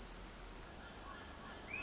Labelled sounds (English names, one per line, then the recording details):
Pacific Wren
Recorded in Sonoma County, California